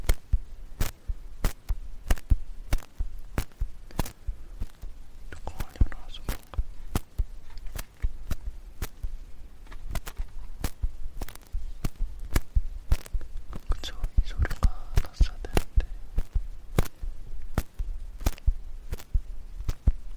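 Ear cleaning with a sticky ear pick and cotton swab, heard as sharp crisp clicks that repeat steadily, about two or three each second, throughout. Between them sits a soft rustling bed, with slightly fuller scraping or whispery texture around six and fifteen seconds.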